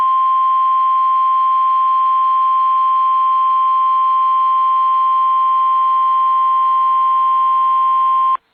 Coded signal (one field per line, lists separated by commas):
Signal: Emergency Alert System (SAME) tones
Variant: 1050 Hz attention tone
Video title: CALM BEFORE THE STORM... | EAS Alerts from June 9, 2020 (EAS #413-418)